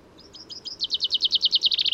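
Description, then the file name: Common chaffinch song: a run of bright, accelerating notes that quickens into a rattling trill and ends in descending flicked notes, over faint low background hiss. "Fringilla coelebs"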